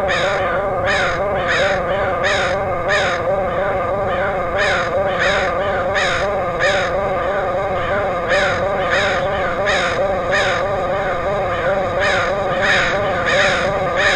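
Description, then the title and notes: Crow caws in a long harsh series, some in quick runs and some spaced apart, above a continuous humming drone. Crows recorded in Portland, Oregon, in August 2003. "Crows of Portland. Crows recorded in Portland, OR, August 2003"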